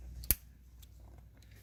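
On a 2004 Audi during PCV replacement, a screwdriver pries the plastic retaining clip on the PCV valve assembly or engine rail so the rail can be worked down. A faint tick at 0.2 s is followed by one sharp click at 0.3 s, then a quiet low hum. The clip clicks loose and is released.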